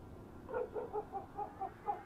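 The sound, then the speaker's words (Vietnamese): A dog barks in a village at night in a quick series of about seven short, mid-pitched yaps, fairly faint and evenly spaced, with no voices present. “Tiếng chó cắn mà cứ nhấm nhà nhấm nhẳng ở bên kia.”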